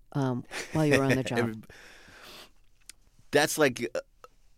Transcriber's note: laughter